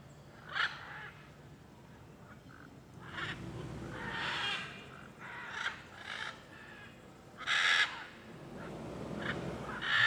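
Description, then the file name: Blue-and-yellow macaw calls: scattered harsh squawks of varying loudness, with a steady low rumble and background hiss throughout. Many macaws calling along a street in Alto Paraíso, Cerrado, Brazil, with cars passing. "Rua em Alto Paraiso com muitas araras cantando e carros passando"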